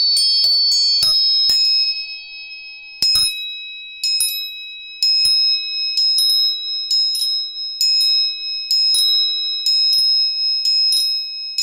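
Tuning forks are struck repeatedly, each sharp metallic tap leaving high, bright, steady ringing tones that sustain and overlap throughout the twelve seconds.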